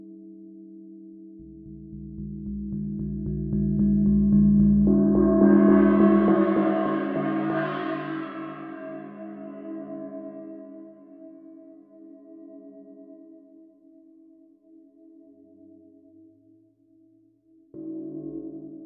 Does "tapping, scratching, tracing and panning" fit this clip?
no